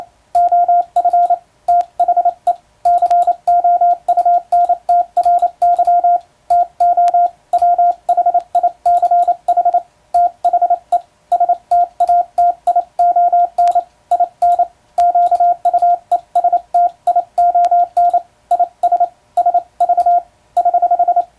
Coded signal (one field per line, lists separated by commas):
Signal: Morse code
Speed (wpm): 28 wpm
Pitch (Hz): 700 Hz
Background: radio noise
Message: OF THE COUNTRY TO WHICH THE STATION IN QUESTION IS SV <HH>